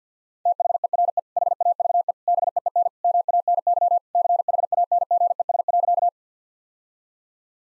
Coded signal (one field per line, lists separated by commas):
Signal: Morse code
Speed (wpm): 50 wpm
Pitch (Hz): 700 Hz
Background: none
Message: THERE HAVE BEEN MANY CHANGES.